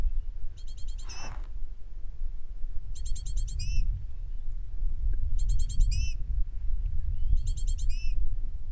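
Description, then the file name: Great tit call bursts: high, clicking note clusters with a dropping tail, given four times, with a brief broad rustle early on and constant low background rumble. "Parus major"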